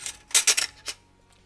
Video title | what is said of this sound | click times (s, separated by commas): Blueprint Build: Tactical Toolbox Aero M5 | clicks into place all right cool yep so that's pretty much straightforward | 0.3 s